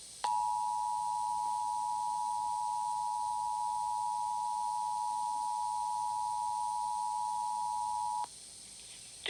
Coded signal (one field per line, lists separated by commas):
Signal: Emergency Alert System (SAME) tones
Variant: 853 and 960 Hz attention tone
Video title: Emergency Alert System Test Warning April 27, 2022